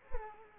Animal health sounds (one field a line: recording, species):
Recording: mosquito wingbeat signal from an infrared sensor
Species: Culex pipiens